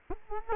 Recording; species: mosquito wingbeat signal from an infrared sensor; Culex quinquefasciatus